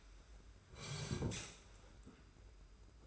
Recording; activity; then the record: daily activity, microphone in the room; sit down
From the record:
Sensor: 2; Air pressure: 991.6 hPa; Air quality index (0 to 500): 174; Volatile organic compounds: 1000 ppm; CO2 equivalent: 5638 ppm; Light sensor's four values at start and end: 25/80/31/30 and 28/88/34/32